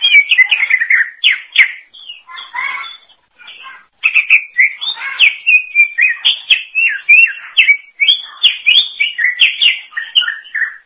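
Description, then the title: Greater green leafbird delivering a dense, varied song of bright whistles, slurred notes and chatter, almost continuous with one short break. "Cucak ijo"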